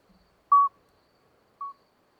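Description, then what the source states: Common midwife toad song: two clear, piping notes about a second apart, the second softer, with a few faint low clicks at the start. Two common midwife toads singing a discreet single-note song all night until dawn, Lesches-en-Diois, 13 May 2020, after two days of rain, wet vegetation; recorded with Nagra Seven and MKH40.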